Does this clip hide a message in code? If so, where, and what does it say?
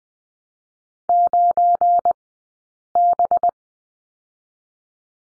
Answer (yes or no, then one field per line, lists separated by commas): yes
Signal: Morse code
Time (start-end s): 1.1-3.5 s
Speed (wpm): 20 wpm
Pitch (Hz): 700 Hz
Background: none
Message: 9B